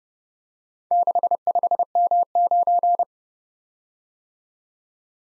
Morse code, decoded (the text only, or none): 65M9